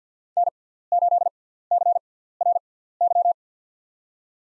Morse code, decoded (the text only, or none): N8CRY